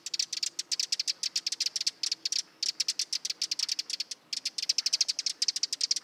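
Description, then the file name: Eurasian wren repeating sharp tick notes in fast bursts, with short breaks between the runs. "Troglodytes troglodytes"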